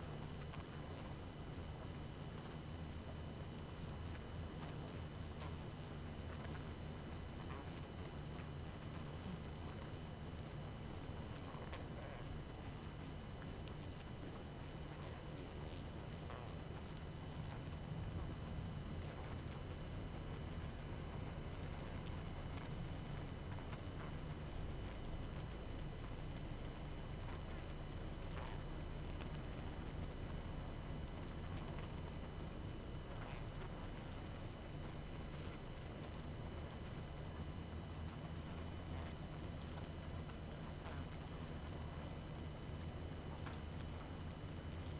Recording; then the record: honeybee colony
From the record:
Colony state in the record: active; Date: 12 June 2018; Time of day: 22:19